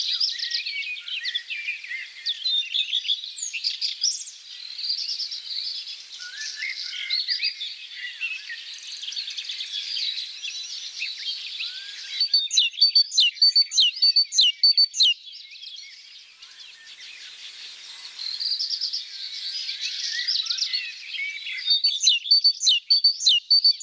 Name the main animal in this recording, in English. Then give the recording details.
Great Tit. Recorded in the wild. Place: Oberrotweil am Kaiserstuhl, Baden-Württemberg, DE. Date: 1989-04-23. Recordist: Schwarz, Dieter. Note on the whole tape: Song